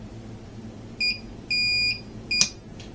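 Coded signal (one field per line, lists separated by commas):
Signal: none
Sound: spot welder's pulse beeps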